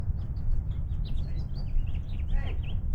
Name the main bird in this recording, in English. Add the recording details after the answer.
House Finch. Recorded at North Valley Stream on Long Island, New York, on 17 June 1975. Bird D